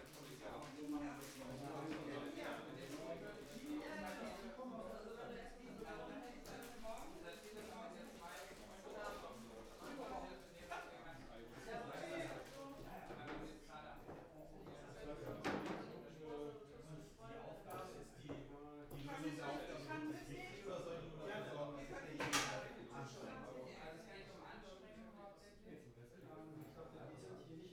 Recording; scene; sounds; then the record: everyday scene through a hearing-aid microphone; many people talking; many voices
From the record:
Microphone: behind the ear, right, front